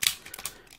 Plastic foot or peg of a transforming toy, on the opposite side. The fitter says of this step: clip it in lock it in